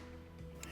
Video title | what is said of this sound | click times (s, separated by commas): Volkswagen Passat Variant B8 (2019-2024) - Montaje de enganche y kit electrónico (1364) | Schiacciamo fino a sentire il primo clic, | 0.6 s